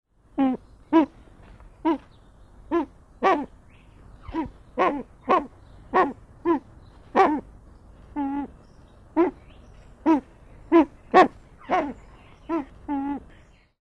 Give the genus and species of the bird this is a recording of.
Crossoptilon mantchuricum